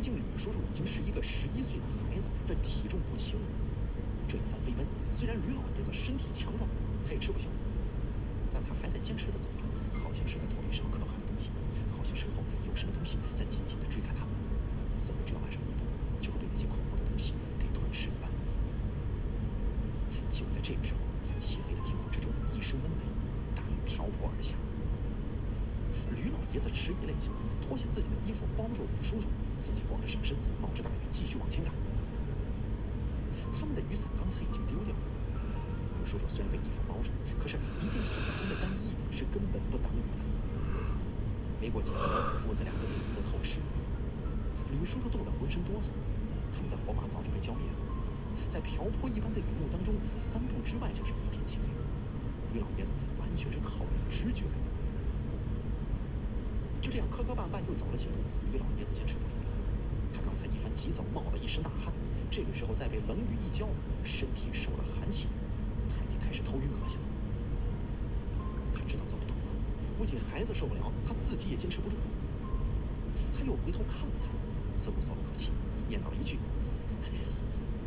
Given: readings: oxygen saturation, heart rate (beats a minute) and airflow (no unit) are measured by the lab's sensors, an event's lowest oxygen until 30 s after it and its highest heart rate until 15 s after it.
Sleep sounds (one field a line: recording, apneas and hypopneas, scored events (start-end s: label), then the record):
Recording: a person awake in a sleep study, by a smartphone at the bedside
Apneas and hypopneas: none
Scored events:
0.00-77.87 s: awake
From the record:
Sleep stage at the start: awake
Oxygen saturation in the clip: 94 to 98%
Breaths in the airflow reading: 19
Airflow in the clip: -4.1 to 7.5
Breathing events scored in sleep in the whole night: 335 in 6.7 hours asleep